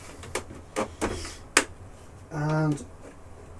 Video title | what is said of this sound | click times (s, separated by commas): Titanic part 5 .. Adding the superstructure | I've said, explained, the tolerance, you can hear it clicking as it goes in. | 1.6 s